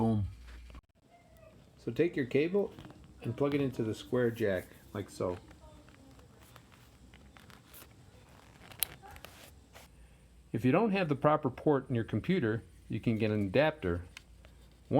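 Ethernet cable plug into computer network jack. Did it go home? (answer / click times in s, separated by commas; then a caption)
yes / 8.8 s. An Ethernet cable's plastic RJ45 plug is pushed into the square network jack on a computer while someone talks. A sharp click at 8.8 s, followed by a few faint ticks, marks the plug seating in the jack. The talking then resumes.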